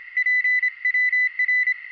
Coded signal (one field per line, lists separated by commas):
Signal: Morse code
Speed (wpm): 26 wpm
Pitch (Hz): 2000 Hz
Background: none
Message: PWR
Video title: Easter Field Radio Operations and Ham Fest.